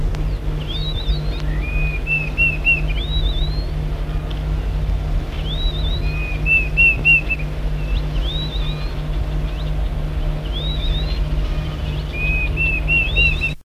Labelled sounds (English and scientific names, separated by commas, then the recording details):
Violet-eared Waxbill (Uraeginthus granatinus) call
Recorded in captivity
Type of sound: call
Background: Chrysococcyx caprius
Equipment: Halbspur, 9,5 cm/s
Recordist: Lütgens, Hans
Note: Rufe